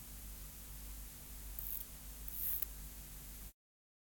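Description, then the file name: Conocephalus longipennis stridulation: two brief, very high-pitched buzzy bursts over a steady low electrical hum and hiss. "Bio Acoustica. Conocephalus longipennis"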